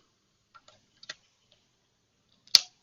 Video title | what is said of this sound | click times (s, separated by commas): Mercedes SL500 R230 Trunk soft close fix | you click so the pokies back in there okay | 2.6 s